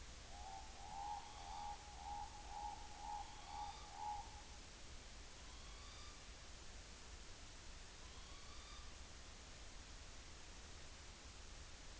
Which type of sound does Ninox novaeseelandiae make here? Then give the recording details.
rororo call, trill. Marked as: faintness 1/5, faintness 4/5. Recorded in New Zealand on 30 April 2013. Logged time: 02:19. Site Ponui